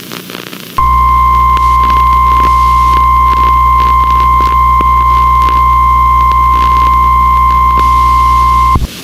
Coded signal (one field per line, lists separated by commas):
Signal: Emergency Alert System (SAME) tones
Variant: 1050 Hz attention tone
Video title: Bird Television Emergency Alert System Weird 5/1/2005